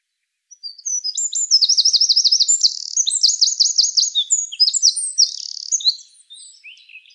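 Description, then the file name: Eurasian wren song: a loud, rapid outpouring of high, sharp notes with two fast rattling trills in the middle, lasting about five seconds, then a few faint notes. "Troglodytes troglodytes"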